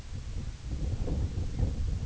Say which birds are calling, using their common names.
none